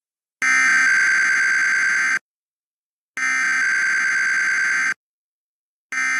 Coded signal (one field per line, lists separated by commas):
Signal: Emergency Alert System (SAME) tones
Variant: header bursts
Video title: Sunday Weeklies (EAS #11899-11902) 7/16/23